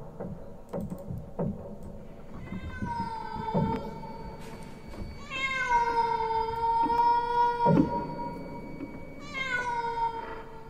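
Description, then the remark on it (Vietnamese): A cat standing outside on a porch in the middle of the night lets out three long, eerie, wailing meows, each drawn out and falling slightly in pitch, with soft scuffing noises in the background and no one speaking. “Lão Tính thấy sống lưng tê dần cả đi, khi không nửa đêm nửa hôm lại có tiếng mèo kêu.”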